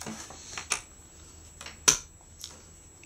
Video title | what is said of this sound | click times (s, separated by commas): 2012 Macbook Pro Upgrade Single Samsung 840 EVO + 1 TB SSD 16 GB RAM Upgrade | There it is. That snaps | 1.9 s